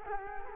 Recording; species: mosquito wingbeat signal from an infrared sensor; Culex quinquefasciatus